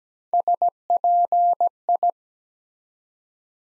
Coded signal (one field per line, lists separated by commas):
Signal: Morse code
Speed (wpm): 17 wpm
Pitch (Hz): 700 Hz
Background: none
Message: SPI